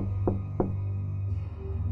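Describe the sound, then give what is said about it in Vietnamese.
Two quick, solid knocks on the outside of a toilet door, about a third of a second apart, followed by silence from the door while a steady low hum continues throughout. “đang thả hồn theo dòng nước tinh khiết thì bỗng dưng tôi nghe ở ngoài cửa toilet có tiếng gõ cửa.”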